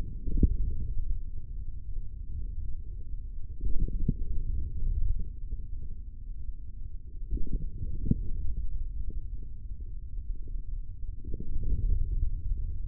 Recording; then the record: forearm muscle sounds (acoustic myography)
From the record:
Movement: hand closing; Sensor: system 3, bracelet of six PUI Audio POM-2738L microphones around the upper forearm, with dedicated amplification and filtering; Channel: 6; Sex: male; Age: 25 years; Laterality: right